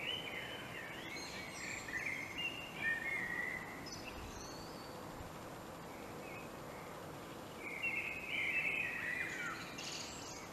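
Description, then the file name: Common blackbird singing mellow fluted warbles with squeaky high twittering endings, one phrase early and another near the end, over a steady hiss. "Turdus merula"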